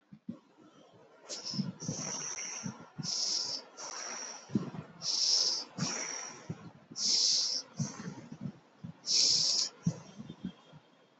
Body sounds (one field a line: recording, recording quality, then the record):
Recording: shallow breathing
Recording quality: excellent, no background noise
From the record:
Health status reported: healthy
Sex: male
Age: 18 years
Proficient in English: yes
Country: India